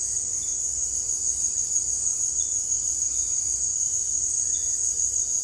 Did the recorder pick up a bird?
no